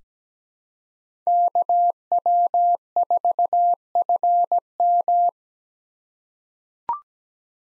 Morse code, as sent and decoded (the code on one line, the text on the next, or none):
-.- .-- ....- ..-. --
KW4FM